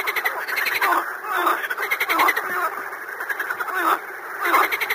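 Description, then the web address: Chorus of frogs giving harsh, rattling croaks that overlap continuously. "дикие лягушка"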